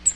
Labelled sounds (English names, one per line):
Cape May Warbler flight call